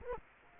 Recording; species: mosquito wingbeat signal from an infrared sensor; Culex quinquefasciatus